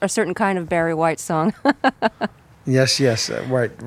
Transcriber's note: laughter